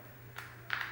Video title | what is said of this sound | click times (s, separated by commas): The Future Of Cybernetic Implants - The Day of The Cyborg - Spark | you get it the right place it clicks right in so | 0.7 s